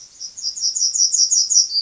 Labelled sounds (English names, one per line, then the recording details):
Yellowhammer song
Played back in grassland
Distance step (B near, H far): B
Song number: 044